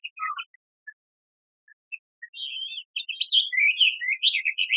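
Bird song, starting with a few isolated high chirps, then building into a rapid, continuous twittering warble of bright notes.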